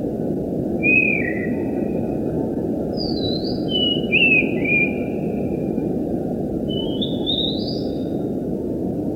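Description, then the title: Oriental magpie-robin song of spaced whistled phrases, some falling, one rising at the end, with steady low background rumble. Used for training songbirds (masteran). "kacer masteran"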